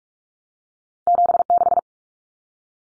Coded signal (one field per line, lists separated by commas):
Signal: Morse code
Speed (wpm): 44 wpm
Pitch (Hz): 700 Hz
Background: none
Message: 76